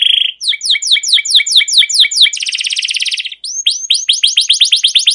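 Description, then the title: Canary song: a brief steady note, then rapid repeated falling sweeps, a dense buzzy trill, and more quick chirped sweeps in a continuous run. Canary's long rolling trilled song, used as a lure to stimulate other canaries to sing. "CUIT CUIT NGEROL LANGSUNG GACOR PANJANG Kenari Ini AMPUH Utk Pancingan KENAR. Suara Burung Kenari Gacor Panjang cuit cuit Ngerol untuk Pancingan Kenari"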